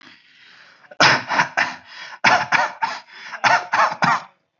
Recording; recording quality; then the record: shallow voluntary cough; excellent, no background noise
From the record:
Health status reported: respiratory illness, not identified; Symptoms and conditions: none ticked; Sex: male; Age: 30 years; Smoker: not ticked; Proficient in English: yes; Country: India